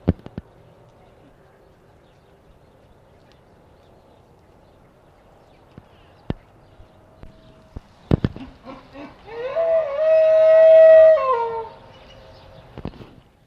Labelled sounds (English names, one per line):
Wapiti rut call